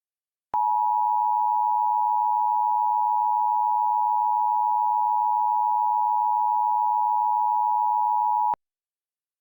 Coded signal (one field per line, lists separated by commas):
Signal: Emergency Alert System (SAME) tones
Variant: 853 and 960 Hz attention tone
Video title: VALID TONES "The Flood" an EAS Reenactment Scenario